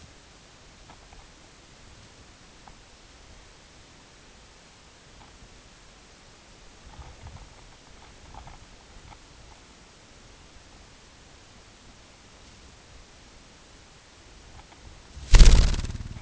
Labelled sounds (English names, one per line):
none